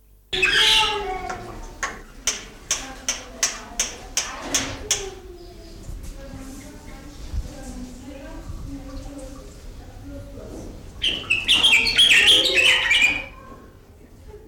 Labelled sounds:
Black-winged Starling
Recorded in captivity
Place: Zoo Berlin, Berlin, DE
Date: 1996-02-24 11:46
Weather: heiter, -6°C
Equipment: Sony WM-D6C, Sennheiser ME 80, Kopie Uher 4000 Report Monitor
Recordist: Tembrock, Günter

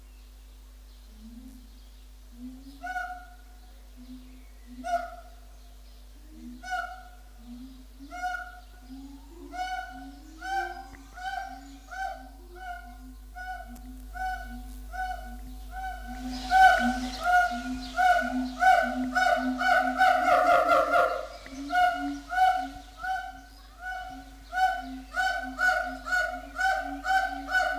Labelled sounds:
Siamang
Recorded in captivity
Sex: pair
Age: adult
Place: Zoo Berlin, Berlin, DE
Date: 2004-06-07 12:53
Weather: heiter bis wolkig, 23-25°C
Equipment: Sony WM-D6C, Sennheiser ME 80, Kopie Uher 4000 Report Monitor
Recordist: Tembrock, Günter
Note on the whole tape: Paar: Rufreihen

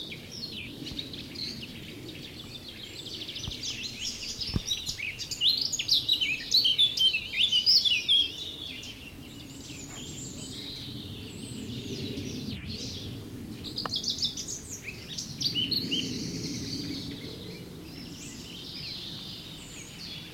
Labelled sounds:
Eurasian Blackcap
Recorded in the wild
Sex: male
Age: adult
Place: Mühlenbeck, Brandenburg, DE
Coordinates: 52.667, 13.37
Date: 1992-05-23 11:55
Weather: 23-24°C, böiger Wind
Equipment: Nagra SN, Mikrofon AKG CK 8, Kopie Tesla B 116
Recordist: Tembrock, Günter

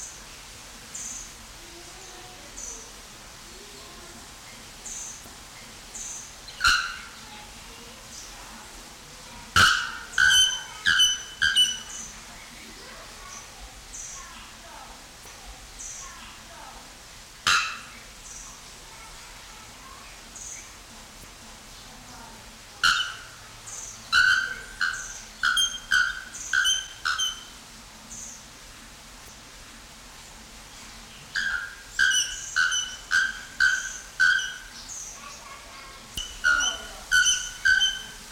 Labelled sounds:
Bare-throated Bellbird call
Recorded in captivity
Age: adult
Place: Zoo Berlin, Berlin, DE
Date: 1993-06-05 10:34
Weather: 20-25 °C, sonnig
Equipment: Marantz CP 430, Sennheiser ME 80, Kopie Uher Variocord 263
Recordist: Tembrock, Günter

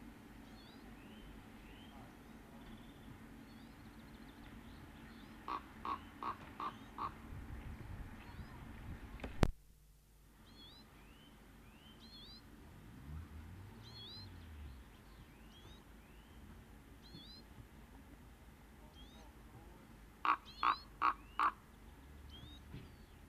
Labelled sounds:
Common Raven call
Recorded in the wild
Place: Ehrwald, Wettersteingebirge, Tirol, AT
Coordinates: 47.4167, 10.9428
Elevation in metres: 984
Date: 1972-04-04
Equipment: Nagra IV, Sennheiser MKH 405, Parabolreflektor
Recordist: Tretzel, Erwin

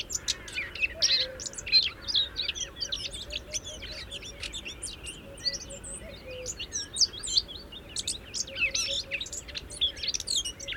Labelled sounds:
Eurasian Blackcap song
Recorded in the wild
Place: Tulcea, M?cin-Gebirge, Dobrogea, DE
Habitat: mountains
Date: 1973-05-10
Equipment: Nagra III BH, Sennheiser MD 21, parabola
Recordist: Schubert, Michael
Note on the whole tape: Gesang Mönchsgrasmücke, 2. Aufnahme etwas konkreter

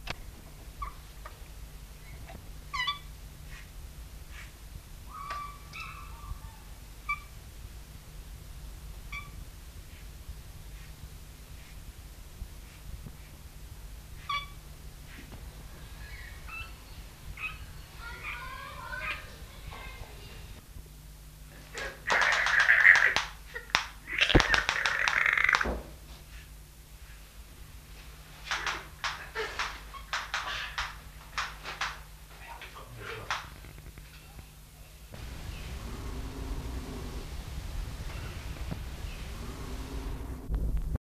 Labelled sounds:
Northern White-faced Owl call
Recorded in captivity
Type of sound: call
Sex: pair
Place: Zoo London, England, GB
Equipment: Halbspur, 9,5 cm/s
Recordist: Lütgens, Hans
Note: Rufe, beim lauten Ruf gegriffen

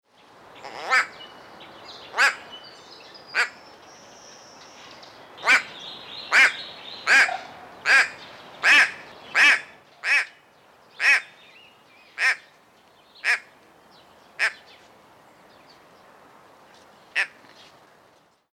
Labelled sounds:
White-bellied Go-away-bird
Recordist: Tembrock, Günter
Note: Rufe

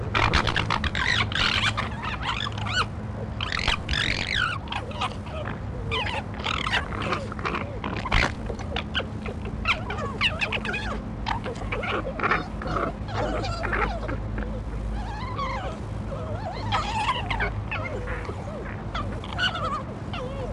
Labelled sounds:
Corsac Fox
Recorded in captivity
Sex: group
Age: subadult
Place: Tierpark Berlin, Berlin, DE
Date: 1963-09-16 19:00
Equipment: Minifon, Kopie BG 26/1
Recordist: Tembrock, Günter

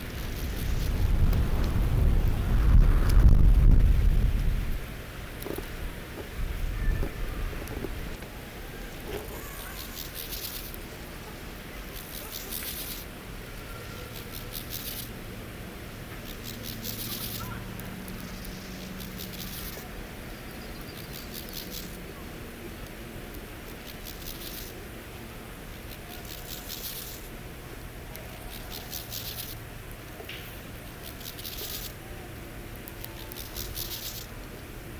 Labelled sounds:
Steppe Grasshopper stridulation
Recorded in the wild
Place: Eutin, Holsteinische Schweiz, Schleswig-Holstein, DE
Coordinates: 54.132, 10.614
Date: 1992-09-20 15:32
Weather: Schatten: 17,9°C, Sonne: 23,5°C
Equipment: Marantz CP 430, Sennheiser ME 80, Kopie Tesla B 116
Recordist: Tembrock, Günter

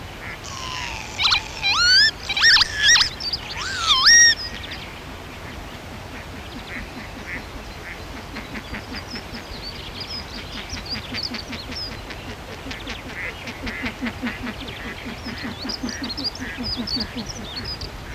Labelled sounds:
Northern Lapwing call
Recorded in the wild
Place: Krombachtalsperre, DE
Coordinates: 50.6217, 8.12722
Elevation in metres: 530
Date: 1964-04-19
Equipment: Uher Report 4000, AKG D190
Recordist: Krey, Winfried

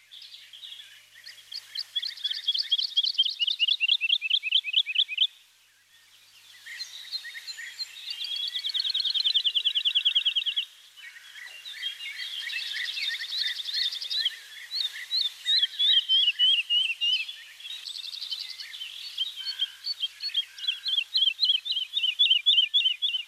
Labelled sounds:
Wood Lark song
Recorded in the wild
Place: St. Laurent des Arbres und Umgebung, FR
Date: 2004-05-26
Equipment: MiniDisc Sharp MT 20 H, Telinga DAT, Telinga-Parabolspiegel
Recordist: Schwarz, Dieter
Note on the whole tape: Song

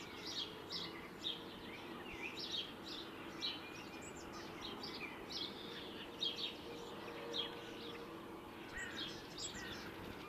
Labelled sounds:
Eurasian Magpie song
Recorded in the wild
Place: Oberstdorf, Bayern, DE
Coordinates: 47.41, 10.2797
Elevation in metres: 809
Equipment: Nagra IV, Sennheiser MKH 405, Parabolreflektor
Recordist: Tretzel, Erwin

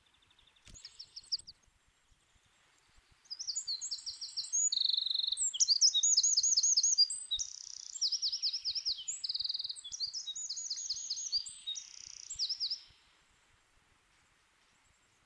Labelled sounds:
Eurasian Wren song
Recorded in the wild
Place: Oberstdorf, Bayern, DE
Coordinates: 47.4022, 10.22
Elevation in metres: 1001
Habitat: mountains
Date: 1977-03-25
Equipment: Nagra IV, Sennheiser MKH 405, Parabolreflektor
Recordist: Tretzel, Erwin

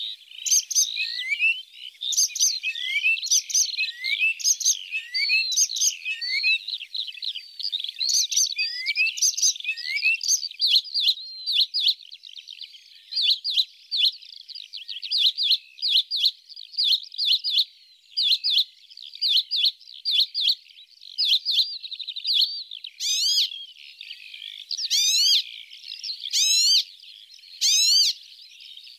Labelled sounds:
Icterine Warbler song
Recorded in the wild
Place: Ahlenmoor, Schleswig-Holstein, DE
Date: 1984-06-05
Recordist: Schwarz, Dieter

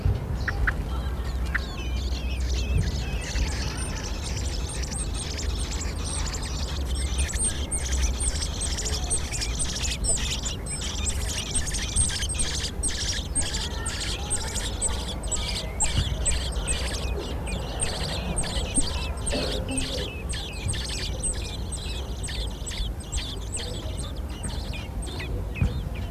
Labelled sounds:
Common Blackbird call
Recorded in the wild
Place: Hannover, Niedersachsen, DE
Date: 1967-07-16
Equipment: Halbspur, 9,5 cm/s
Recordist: Lütgens, Hans
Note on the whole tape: Terrasse Neustätter Straße 10, drei Junge rufen bei der Fütterung am 14./16./18.7.1967, schlüpfen 6.7., kein Rufen bis 11.7, Ausfliegen am 18.7., die letzten Laute zwischen zwei Fütterungen

